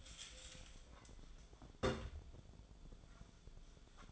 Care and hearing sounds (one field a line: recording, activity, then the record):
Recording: daily activity, microphone in the room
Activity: take from stove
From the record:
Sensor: 5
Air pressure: 1010.0 hPa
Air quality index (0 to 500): 150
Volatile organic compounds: 3 ppm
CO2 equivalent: 1464 ppm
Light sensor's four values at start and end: 245/592/254/279 and 245/599/255/279